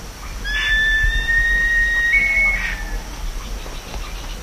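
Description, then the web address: Black-chested buzzard-eagle whistle: one drawn-out, clear tone lasting over two seconds that jumps slightly higher partway through, with quiet background hiss. "cantos aguinegra"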